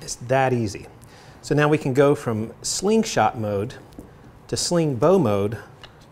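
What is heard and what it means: A man talks while the interchangeable slingbow head is being swapped in for the slingshot forks on a slingshot frame's dovetail mount. The clip ends before the head snaps into the dovetail joint, so nothing has seated or clicked yet.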